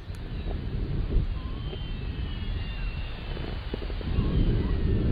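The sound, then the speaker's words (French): Underwater recording of orcas and pilot whales, made from a drifting elephant seal: thin, gliding whistles rise and fall over a heavy low rumble, with scattered sharp clicks, the rumble swelling toward the end. “L'éléphant est en compagnie de cétacés, des orques et des globicéphales en particulier, qui sifflent et qui cliquent.”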